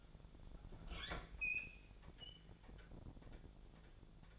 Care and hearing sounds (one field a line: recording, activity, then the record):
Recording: daily activity, microphone in the room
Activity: open fridge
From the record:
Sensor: 5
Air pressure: 1000.2 hPa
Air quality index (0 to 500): 103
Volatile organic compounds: 1 ppm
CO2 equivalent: 832 ppm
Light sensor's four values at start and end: 228/541/231/252 and 232/550/235/257